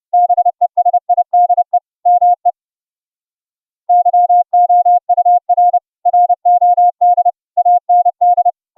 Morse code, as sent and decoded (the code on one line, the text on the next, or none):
-... . ... .. -.. . / -- . / -.-- --- ..- .-. / .-. --- -.. / .- -. -..
BESIDE ME YOUR ROD AND